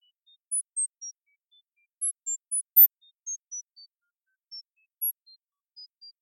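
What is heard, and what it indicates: Quick series of brief high-pitched tone pips at shifting pitches, all above 2 kHz, presented at 0 dB: a simulated sound-therapy stimulus for hyperacusis.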